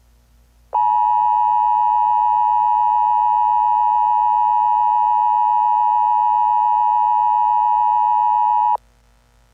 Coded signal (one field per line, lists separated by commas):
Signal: Emergency Alert System (SAME) tones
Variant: 853 and 960 Hz attention tone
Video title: EAS Scenario #61: System Failure